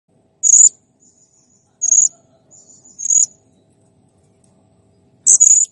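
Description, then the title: Blue-crowned hanging parrot calls: four sharp, very high shrill squeaks, irregularly spaced, with faint thin whistles between. Clear, lively singing used to train other birds. "Masteran Burung Serindit Masteran Serindit Gacor Jernih"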